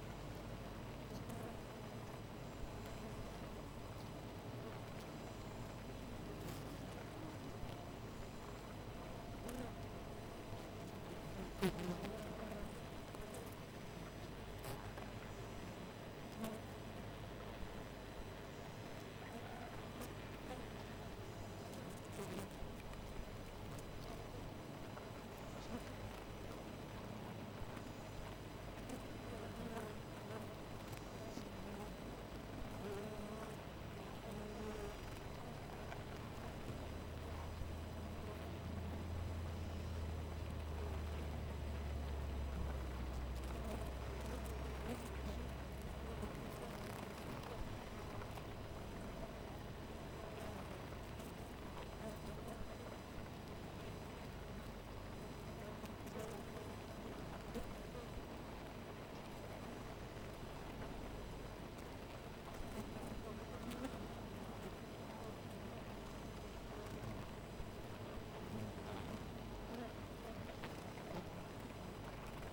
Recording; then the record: honeybee colony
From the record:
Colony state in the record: missing queen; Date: 14 July 2017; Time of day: 4:02